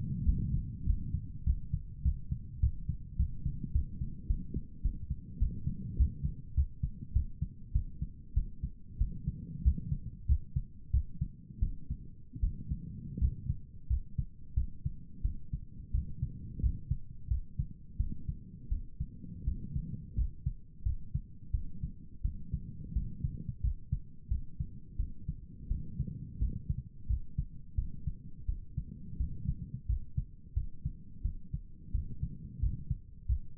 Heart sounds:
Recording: heart sounds by stethoscope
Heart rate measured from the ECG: 91 bpm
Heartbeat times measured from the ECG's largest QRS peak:
0.23 s: heartbeat
0.84 s: heartbeat
1.44 s: heartbeat
2.02 s: heartbeat
2.60 s: heartbeat
3.16 s: heartbeat
3.72 s: heartbeat
4.27 s: heartbeat
4.82 s: heartbeat
5.38 s: heartbeat
5.96 s: heartbeat
6.54 s: heartbeat
7.13 s: heartbeat
7.72 s: heartbeat
8.34 s: heartbeat
8.98 s: heartbeat
9.62 s: heartbeat
10.26 s: heartbeat
10.91 s: heartbeat
11.59 s: heartbeat
12.40 s: heartbeat
13.18 s: heartbeat
13.87 s: heartbeat
14.54 s: heartbeat
15.22 s: heartbeat
15.91 s: heartbeat
16.60 s: heartbeat
17.28 s: heartbeat
17.97 s: heartbeat
18.69 s: heartbeat
19.44 s: heartbeat
20.15 s: heartbeat
20.83 s: heartbeat
21.51 s: heartbeat
22.22 s: heartbeat
22.93 s: heartbeat
23.61 s: heartbeat
24.28 s: heartbeat
24.96 s: heartbeat
25.68 s: heartbeat
26.38 s: heartbeat
27.07 s: heartbeat
27.75 s: heartbeat
28.45 s: heartbeat
29.17 s: heartbeat
29.86 s: heartbeat
30.53 s: heartbeat
31.22 s: heartbeat
31.91 s: heartbeat
32.59 s: heartbeat
33.26 s: heartbeat
From the record:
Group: healthy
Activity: rest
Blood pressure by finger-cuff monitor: 116/67 mmHg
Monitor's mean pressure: 80 mmHg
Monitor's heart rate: 88 bpm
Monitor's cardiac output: 8.2 L/min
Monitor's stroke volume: 90 mL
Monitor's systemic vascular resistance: 690 dyn s/cm5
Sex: male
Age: 19 years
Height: 178 cm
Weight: 83 kg

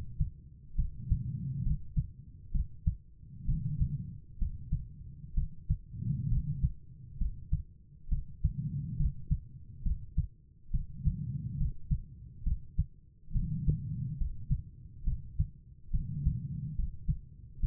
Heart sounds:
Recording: heart sounds by stethoscope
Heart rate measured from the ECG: 68 bpm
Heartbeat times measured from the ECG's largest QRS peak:
0.75 s: heartbeat
1.62 s: heartbeat
2.51 s: heartbeat
3.45 s: heartbeat
4.38 s: heartbeat
5.33 s: heartbeat
6.28 s: heartbeat
7.17 s: heartbeat
8.08 s: heartbeat
8.96 s: heartbeat
9.82 s: heartbeat
10.70 s: heartbeat
11.57 s: heartbeat
12.43 s: heartbeat
13.32 s: heartbeat
14.17 s: heartbeat
15.03 s: heartbeat
15.90 s: heartbeat
16.75 s: heartbeat
17.59 s: heartbeat
From the record:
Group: healthy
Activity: rest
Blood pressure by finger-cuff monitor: 98/74 mmHg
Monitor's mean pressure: 82 mmHg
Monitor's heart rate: 68 bpm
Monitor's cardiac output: 4.8 L/min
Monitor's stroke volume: 71 mL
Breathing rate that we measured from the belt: 24 breaths a minute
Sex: female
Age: 32 years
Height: 172 cm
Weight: 71.7 kg

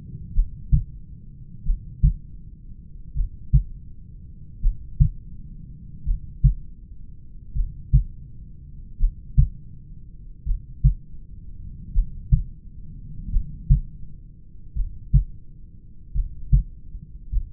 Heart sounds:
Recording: heart sounds by stethoscope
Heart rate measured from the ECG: 42 bpm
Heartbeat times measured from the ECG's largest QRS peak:
0.38 s: heartbeat
1.68 s: heartbeat
3.18 s: heartbeat
4.65 s: heartbeat
6.09 s: heartbeat
7.58 s: heartbeat
9.03 s: heartbeat
10.49 s: heartbeat
11.97 s: heartbeat
13.35 s: heartbeat
14.78 s: heartbeat
16.17 s: heartbeat
17.35 s: heartbeat
From the record:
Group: heart failure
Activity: rest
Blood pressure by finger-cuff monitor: 93/64 mmHg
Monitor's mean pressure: 72 mmHg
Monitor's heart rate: 41 bpm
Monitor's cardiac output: 3.7 L/min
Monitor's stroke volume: 87 mL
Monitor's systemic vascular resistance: 1450 dyn s/cm5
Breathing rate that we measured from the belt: 15 breaths a minute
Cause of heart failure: familial cardiomyopathy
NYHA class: 1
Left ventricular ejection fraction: 49%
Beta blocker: bisoprolol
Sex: male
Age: 31 years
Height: 194 cm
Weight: 96 kg

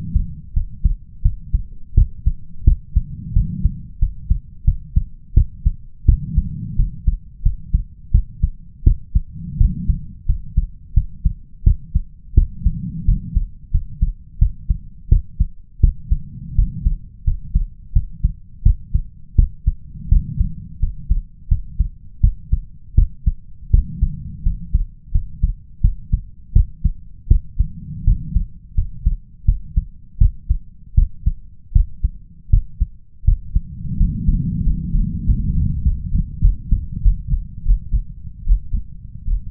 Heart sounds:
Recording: heart sounds by stethoscope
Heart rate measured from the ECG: 85 bpm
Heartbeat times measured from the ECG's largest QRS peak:
0.53 s: heartbeat
1.22 s: heartbeat
1.94 s: heartbeat
2.64 s: heartbeat
3.33 s: heartbeat
3.99 s: heartbeat
4.64 s: heartbeat
5.34 s: heartbeat
6.05 s: heartbeat
6.76 s: heartbeat
7.42 s: heartbeat
8.11 s: heartbeat
8.84 s: heartbeat
9.57 s: heartbeat
10.26 s: heartbeat
10.94 s: heartbeat
11.63 s: heartbeat
12.34 s: heartbeat
13.05 s: heartbeat
13.71 s: heartbeat
14.38 s: heartbeat
15.09 s: heartbeat
15.80 s: heartbeat
16.55 s: heartbeat
17.24 s: heartbeat
17.92 s: heartbeat
18.63 s: heartbeat
19.35 s: heartbeat
20.08 s: heartbeat
20.79 s: heartbeat
21.48 s: heartbeat
22.20 s: heartbeat
22.95 s: heartbeat
23.70 s: heartbeat
24.43 s: heartbeat
25.11 s: heartbeat
25.81 s: heartbeat
26.52 s: heartbeat
27.27 s: heartbeat
28.04 s: heartbeat
28.74 s: heartbeat
29.45 s: heartbeat
30.18 s: heartbeat
30.94 s: heartbeat
31.72 s: heartbeat
32.49 s: heartbeat
33.24 s: heartbeat
33.96 s: heartbeat
34.62 s: heartbeat
35.24 s: heartbeat
35.82 s: heartbeat
36.40 s: heartbeat
37.01 s: heartbeat
37.63 s: heartbeat
38.44 s: heartbeat
39.25 s: heartbeat
From the record:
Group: healthy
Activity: rest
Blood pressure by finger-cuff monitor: 127/91 mmHg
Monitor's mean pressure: 102 mmHg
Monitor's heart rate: 85 bpm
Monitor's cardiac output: 6 L/min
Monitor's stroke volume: 71 mL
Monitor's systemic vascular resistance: 1270 dyn s/cm5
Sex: male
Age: 21 years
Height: 180 cm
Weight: 67.5 kg

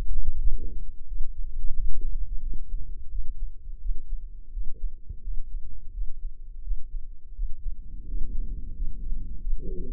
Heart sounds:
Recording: heart sounds by microphone in the left ear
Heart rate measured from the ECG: 86 bpm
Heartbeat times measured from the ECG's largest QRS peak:
0.37 s: heartbeat
1.06 s: heartbeat
1.72 s: heartbeat
2.40 s: heartbeat
3.09 s: heartbeat
3.79 s: heartbeat
4.51 s: heartbeat
5.21 s: heartbeat
5.92 s: heartbeat
6.61 s: heartbeat
7.33 s: heartbeat
8.05 s: heartbeat
8.74 s: heartbeat
9.40 s: heartbeat
From the record:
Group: healthy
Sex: male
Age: 57 years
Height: 188 cm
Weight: 106 kg

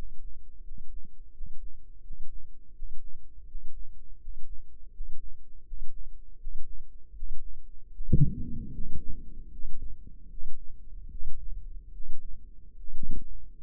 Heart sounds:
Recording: heart sounds by microphone in the left ear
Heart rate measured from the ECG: 79 bpm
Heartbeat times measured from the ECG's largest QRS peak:
0.60 s: heartbeat
1.30 s: heartbeat
1.99 s: heartbeat
2.71 s: heartbeat
3.44 s: heartbeat
4.16 s: heartbeat
4.90 s: heartbeat
5.63 s: heartbeat
6.36 s: heartbeat
7.12 s: heartbeat
7.90 s: heartbeat
8.70 s: heartbeat
9.49 s: heartbeat
10.28 s: heartbeat
11.08 s: heartbeat
11.91 s: heartbeat
12.75 s: heartbeat
13.58 s: heartbeat
From the record:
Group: healthy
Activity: breath hold 0-8 s, rest 8-14 s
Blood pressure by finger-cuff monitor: 104/65 mmHg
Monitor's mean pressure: 74 mmHg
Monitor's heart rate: 82 bpm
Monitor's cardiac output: 7.2 L/min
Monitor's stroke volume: 86 mL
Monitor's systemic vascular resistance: 730 dyn s/cm5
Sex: male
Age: 35 years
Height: 180 cm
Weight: 86.9 kg

